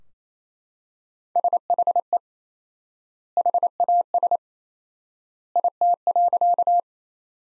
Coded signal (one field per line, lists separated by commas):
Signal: Morse code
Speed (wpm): 28 wpm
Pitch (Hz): 700 Hz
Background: none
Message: SHE HAS IT.